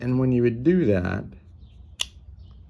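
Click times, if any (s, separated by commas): 2.0 s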